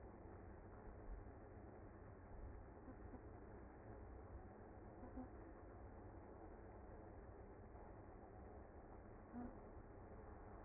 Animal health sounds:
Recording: honeybee colony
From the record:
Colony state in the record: active

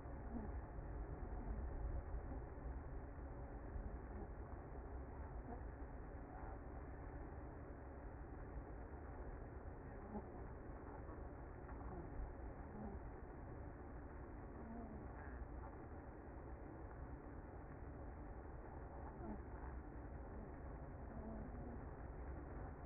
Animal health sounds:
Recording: honeybee colony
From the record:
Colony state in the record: active

